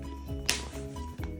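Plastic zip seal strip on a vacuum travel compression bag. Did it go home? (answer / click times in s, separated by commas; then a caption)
yes / 0.5 s. Fingers press the plastic interlocking zip seal strip of a Nomatic vacuum travel compression bag closed against a steady tonal, music-like background. A sharp snap at 0.5 s marks the seal snapping shut, with fainter ticks near 1.2 s and 1.4 s. The seal is confirmed closed.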